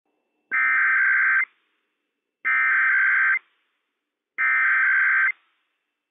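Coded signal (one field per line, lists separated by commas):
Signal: Emergency Alert System (SAME) tones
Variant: header bursts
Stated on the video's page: Required Weekly Test issued by the Washington State EOC for all of Washington State, carried on a NOAA weather radio station.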